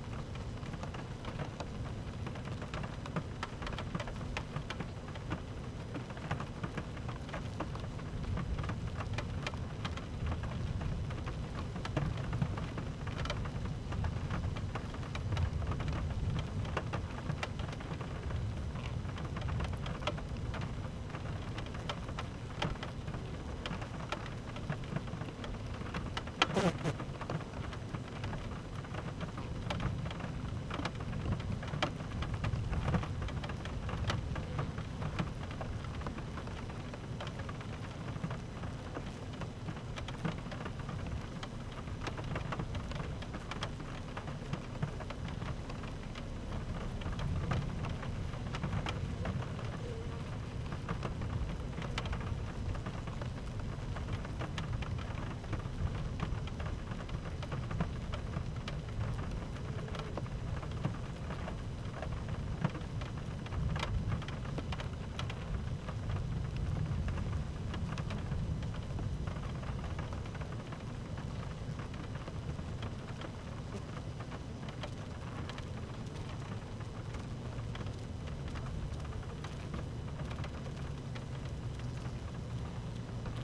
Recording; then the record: honeybee colony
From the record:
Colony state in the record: active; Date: 12 June 2018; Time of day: 13:03